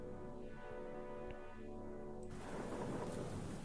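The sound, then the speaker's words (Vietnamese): Steady rain hisses over a low rumbling undertone, then abruptly swells into a dense, louder roaring downpour for the final second or so, with no voices. “Đầu tiên tiếng mưa rơi nhẹ nhẹ, sau đó là ầm ầm ào ào như thác đổ.”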